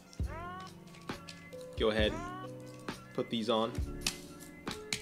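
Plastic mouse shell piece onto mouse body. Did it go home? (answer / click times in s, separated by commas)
yes / 4.1 s, 4.9 s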